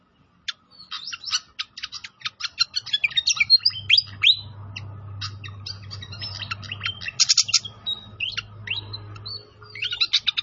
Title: Masteran Sikatan Kipas Suara Jernih Dan Suara Gemericik Air